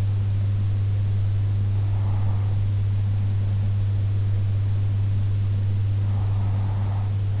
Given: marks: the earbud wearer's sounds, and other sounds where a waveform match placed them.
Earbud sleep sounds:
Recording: sounds in sleep by an in-ear microphone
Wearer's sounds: breath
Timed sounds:
1.40-3.40 s: breath
5.40-7.40 s: breath

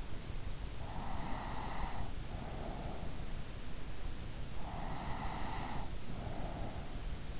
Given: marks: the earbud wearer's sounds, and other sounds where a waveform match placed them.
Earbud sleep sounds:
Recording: sounds in sleep by an in-ear microphone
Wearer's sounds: breath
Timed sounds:
0.94-3.38 s: breath
4.60-7.40 s: breath

